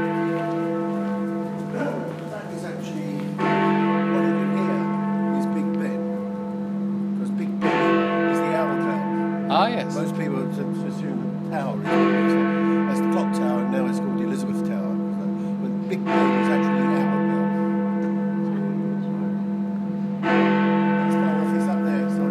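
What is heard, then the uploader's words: A huge bell tolls the hour, its deep, humming strike landing roughly every four seconds, at about 3.5, 7.5, 12, 16 and 20 seconds. Each blow swells over a long, droning ring that never fully dies away, with faint voices and city murmur underneath. Big Ben, the hour bell in the Elizabeth Tower in London, chimes out 10 o'clock just as I am leaving Westminster Palace with colleagues after a dinner meeting.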